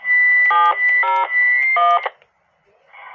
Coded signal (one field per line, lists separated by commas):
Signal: DTMF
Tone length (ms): 220 ms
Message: 701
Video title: dtmf remote testing